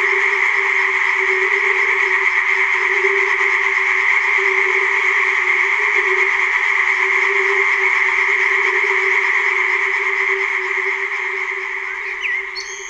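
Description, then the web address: Massed tree frogs calling as one continuous loud drone, fading somewhat near the end. Chorus of tree frogs in a primeval forest. "Tajemnice puszczy Koncert rzekotek"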